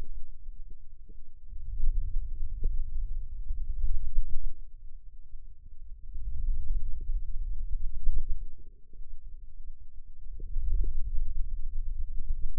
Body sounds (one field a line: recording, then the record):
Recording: forearm muscle sounds (acoustic myography)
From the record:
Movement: wrist extension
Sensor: system 2, bracelet of six BSWA MPA416 microphones around the upper forearm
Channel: 1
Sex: male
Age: 22 years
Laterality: right